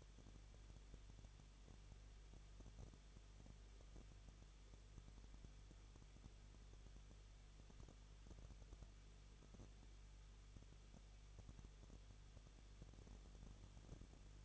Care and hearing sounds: daily activity, microphone in the room; no activity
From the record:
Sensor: 4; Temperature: 23.0 degrees Celsius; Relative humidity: 34.2%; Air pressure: 1007.3 hPa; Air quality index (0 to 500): 213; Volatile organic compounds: 14 ppm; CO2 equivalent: 2455 ppm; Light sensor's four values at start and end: 2/3/1/1 and 2/3/1/1

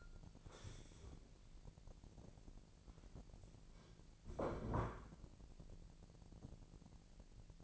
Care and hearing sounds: daily activity, microphone in the room; stand up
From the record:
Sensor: 5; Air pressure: 1002.0 hPa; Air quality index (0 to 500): 246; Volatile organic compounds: 30 ppm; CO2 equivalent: 2956 ppm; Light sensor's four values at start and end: 44/104/43/47 and 44/104/43/47

